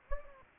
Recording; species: mosquito wingbeat signal from an infrared sensor; Anopheles gambiae